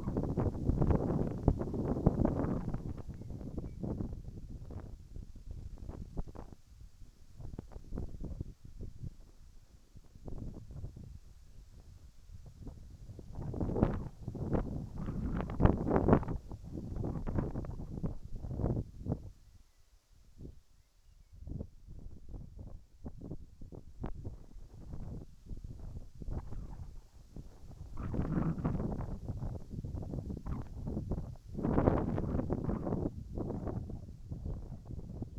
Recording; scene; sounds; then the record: everyday scene through a hearing-aid microphone; wind on the microphone; wind, whistling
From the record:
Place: in front of a rural house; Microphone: behind the ear, right, front